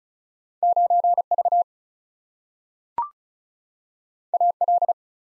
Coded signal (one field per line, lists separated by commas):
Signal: Morse code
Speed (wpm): 36 wpm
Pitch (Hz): 700 Hz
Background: none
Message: 9 V A L